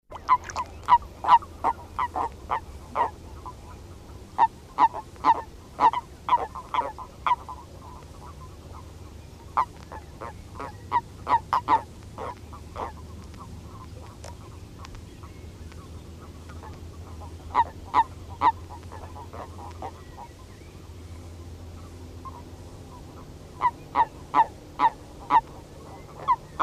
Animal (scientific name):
Bufo bufo